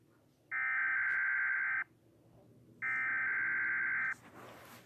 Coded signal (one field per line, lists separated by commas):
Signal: Emergency Alert System (SAME) tones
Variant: header bursts